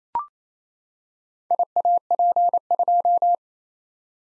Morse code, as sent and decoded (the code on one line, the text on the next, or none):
.. .- .--. ..---
IAP2